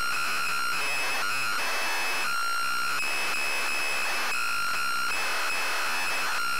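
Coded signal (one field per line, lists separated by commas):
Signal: ZX Spectrum tape loading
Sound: harsh, buzzy screeching data noise with shifting whining tones, no clear lead tone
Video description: ZX Spectrum load up and quick game play of Heavy on the Magick loaded up using a zx spectrum +3 with a wh smith cpd8300 cassette player.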